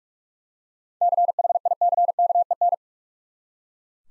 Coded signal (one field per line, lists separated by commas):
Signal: Morse code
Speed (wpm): 43 wpm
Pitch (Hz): 700 Hz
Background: none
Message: CHICKEN